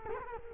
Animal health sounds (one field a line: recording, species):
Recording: mosquito wingbeat signal from an infrared sensor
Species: Culex quinquefasciatus